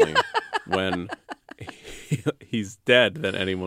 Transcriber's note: laughter